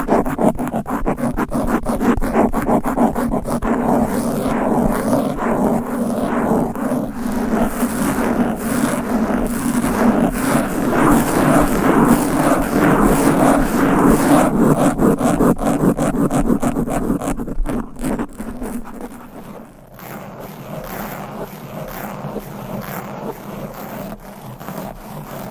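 Fast, aggressive scratching of nails on microphone covers, a dense rough rasping that runs almost without pause. It grows louder and thicker up to about 17 seconds, then drops off near 20 seconds into a quieter, thinner scratching that continues to the end.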